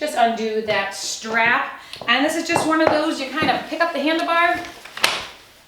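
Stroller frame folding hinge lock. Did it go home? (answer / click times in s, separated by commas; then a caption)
yes / 5.0 s. A woman talks as the strap on a Thule Urban Glide 2 double jogging stroller is undone and the handlebar is lifted to unfold it. The metal and plastic frame's folding hinge lock snaps sharply at 5.0 s, locking the frame into the open position.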